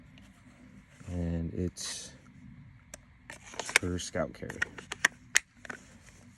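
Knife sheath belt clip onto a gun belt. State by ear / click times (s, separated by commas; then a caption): seated / 5.1 s. Someone talks while a Tech-Lok style belt clip on a knife sheath is pushed onto a thick gun belt, with scattered clicks and handling sounds. The clip snaps into place with a sharp click at 5.1 s, seated.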